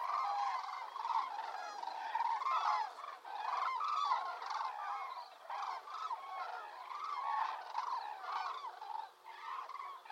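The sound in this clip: Cranes calling in a flock, many birds giving overlapping trumpeting, rolling calls throughout without pause.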